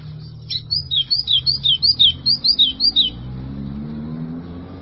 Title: Canto Do Golinha